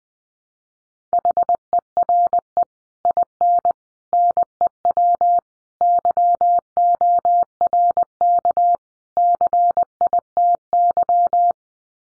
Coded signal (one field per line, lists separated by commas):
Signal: Morse code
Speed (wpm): 19 wpm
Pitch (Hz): 700 Hz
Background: none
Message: HERE IN NEW YORK CITY